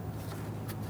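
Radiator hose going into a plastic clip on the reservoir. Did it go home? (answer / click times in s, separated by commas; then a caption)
no / none. A rubber radiator hose is handled and pressed toward a plastic retaining clip on the coolant reservoir of a 2005–2021 Nissan Frontier 4.0L V6. A steady low hum runs throughout, with faint rustling handling noise and a soft brief brightening near 0.7 s. Nothing has seated or clicked into the clip yet.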